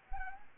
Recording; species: mosquito wingbeat signal from an infrared sensor; Anopheles gambiae